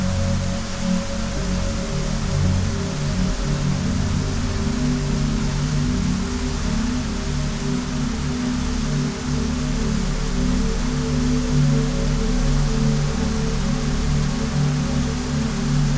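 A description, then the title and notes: Water flows in a steady, dense hiss that fills the whole clip without pause. Beneath it sit deep, sustained low tones that shift slowly, with a few fainter held notes higher up. The level stays even from start to finish. Relaxing Water flow sound with deep Relaxing Music.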